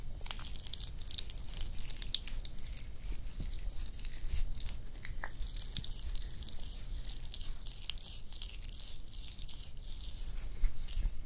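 Hand massage and nail care sounds: a dense, steady run of soft rubbing, crinkling and crackling, thick with bright hissy detail. Brief sharper clicks and scrapes pop out irregularly every second or so, with a low rumble underneath throughout.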